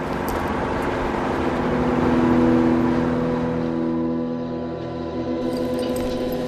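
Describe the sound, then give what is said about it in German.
A car engine drones and revs as it accelerates during a chase, its steady humming tone swelling louder midway and then easing into a sustained roar, with no voices. “Ich habe Sorgen für Esther Detektiv, wenn wir die Wagen verlieren.”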